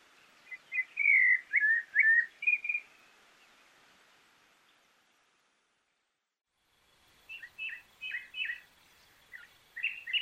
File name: Sonido ZORZAL COLORADO